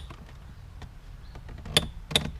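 An instrument gauge cluster from a Mk3 Ford Focus is pushed back into its tight-fitting dashboard opening. A ribbed retaining section on top clicks into place with two sharp clicks at 1.8 s and 2.2 s over low background rumble, and the cluster is seated.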